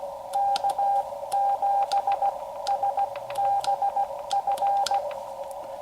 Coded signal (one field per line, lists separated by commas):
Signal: Morse code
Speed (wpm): 16 wpm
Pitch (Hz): 800 Hz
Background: radio noise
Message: K7SBF